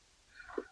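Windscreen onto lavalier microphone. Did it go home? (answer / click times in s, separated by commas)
no / none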